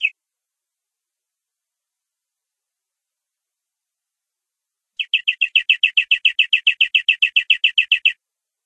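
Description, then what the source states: Canary song: a single short note, a long pause, then a steady rolling trill of evenly spaced buzzy notes for about three seconds. Domestic canary giving long rolling song (ngerol panjang), a training recording (masteran) for cage birds.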